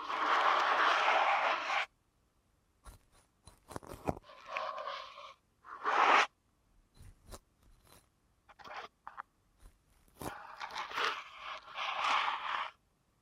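Deep ear canal massage sounds come in bursts of dense, scratchy rubbing and crunching, with sharp clicks and taps between them. Strokes last a second or two, split by brief silences. The longest rubs come at the start and again near the end.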